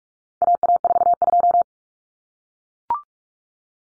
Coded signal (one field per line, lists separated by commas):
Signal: Morse code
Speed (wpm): 44 wpm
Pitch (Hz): 700 Hz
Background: none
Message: AA42